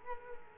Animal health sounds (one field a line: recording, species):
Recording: mosquito wingbeat signal from an infrared sensor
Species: Culex quinquefasciatus